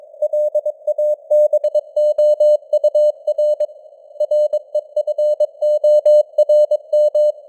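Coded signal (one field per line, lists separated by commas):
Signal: Morse code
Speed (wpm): 22 wpm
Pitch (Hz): 600 Hz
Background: none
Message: LABOUR REFORM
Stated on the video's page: Morse news headlines at 22 wpm with simulated radio noise and varying signal strength (QSB).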